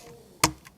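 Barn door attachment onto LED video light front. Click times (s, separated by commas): 0.4 s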